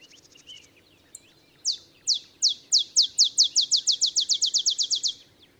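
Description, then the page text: Olive sparrow singing a bouncing series of bright, downslurred chips that start slowly and accelerate into a rapid run before stopping abruptly. Simple songs like a field sparrow's bouncing-ball song, early morning, Texas, 50 miles north of the Mexican border. "Birdsong for the Curious Naturalist. Olive sparrow"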